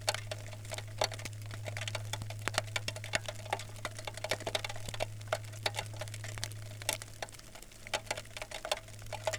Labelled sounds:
rain, aircraft
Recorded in the Arctic National Wildlife Refuge, Alaska, on 16 June 2019 at 21:12
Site 40

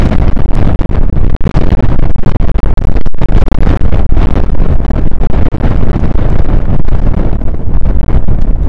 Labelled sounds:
wind
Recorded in the Prudhoe Bay oil fields, Alaska, on 1 August 2019 at 02:00
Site 29

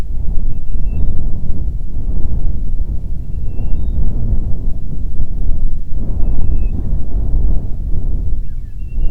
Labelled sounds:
bird, wind
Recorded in the Prudhoe Bay oil fields, Alaska, on 25 July 2019 at 02:17
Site 11

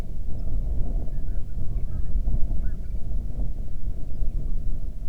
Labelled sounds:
songbird, waterfowl, wind
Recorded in the Prudhoe Bay oil fields, Alaska, on 31 July 2019 at 07:41
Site 24

